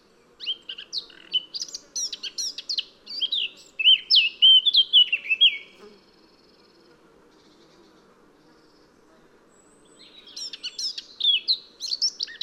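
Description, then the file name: Eurasian blackcap song: a busy chattering warble swelling into loud fluty whistles, a long pause, then another warbled phrase begins; a faint low rumble runs underneath. "Sylvia atricapilla"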